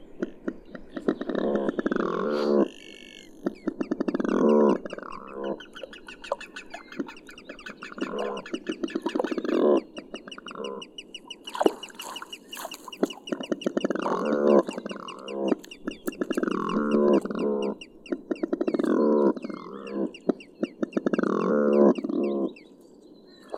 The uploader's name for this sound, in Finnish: Uivelo